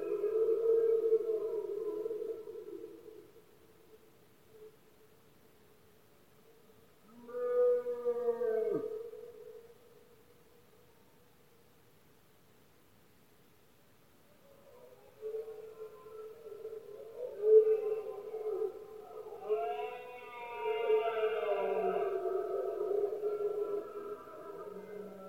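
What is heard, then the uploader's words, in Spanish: Red deer stags roar in long, drawn-out bellows, one near the start, a short call around eight seconds, then repeated roaring after fifteen. Paisaje sonoro: Berrea. La época de celo del ciervo se conoce comúnmente como “berrea del ciervo” o “brama del ciervo”. Los poderosos bramidos de los ciervos machos.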